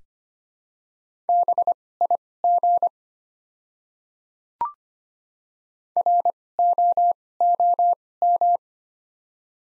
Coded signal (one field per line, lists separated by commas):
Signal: Morse code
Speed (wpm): 25 wpm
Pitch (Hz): 700 Hz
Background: none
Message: BIG ROOM